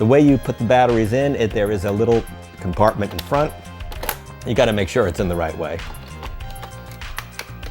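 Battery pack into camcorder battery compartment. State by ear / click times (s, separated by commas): seated / 7.2 s, 7.4 s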